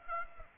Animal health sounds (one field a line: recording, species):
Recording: mosquito wingbeat signal from an infrared sensor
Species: Aedes aegypti